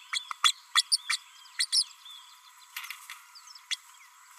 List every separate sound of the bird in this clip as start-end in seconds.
0.12-0.19, 0.43-0.53, 0.75-0.82, 0.91-0.97, 1.09-1.17, 1.59-1.67, 1.72-1.84, 3.71-3.76